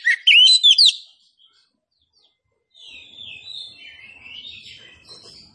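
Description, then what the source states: Oriental magpie-robin giving a short, loud flurry of rising and falling whistles, followed by silence and then faint, softer warbling notes. Kacer poci form of the bird, described as gacor, singing vigorously and continuously.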